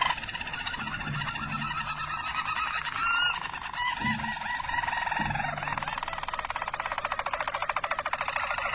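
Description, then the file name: Harz Roller canary delivering continuous rolling, trilled song that changes midway into a fast pulsing roll. Harz Roller canary song, called the Belgian canary in the Portuguese source. "canto do canario belga harz roller"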